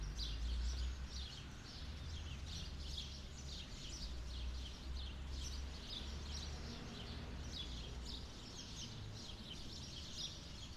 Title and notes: Atonal church bells, Sete Cidades. The church bells in Sete Cidades in the Azores ring out. birds nesting in the trees either side of a path leading up to the church provide a more melodious accompaniment. Recorded by Cities and Memory